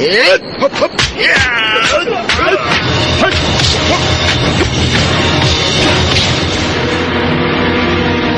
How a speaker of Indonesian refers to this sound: Sabalangit terus menerjang dengan pukulan-pukulannya yang beruntun. Namun sekalipun serangan-serangan yang dilakukan Sabalangit cukup ganas, tetapi rupanya Kameswara dapat mengimbanginya dengan mudah.